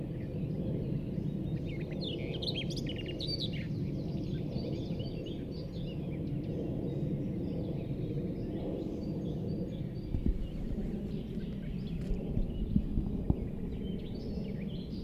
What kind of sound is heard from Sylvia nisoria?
song